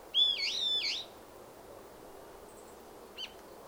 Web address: Sound Effects-Foundation 1 BIRD SANNOHE FOREST CALL 01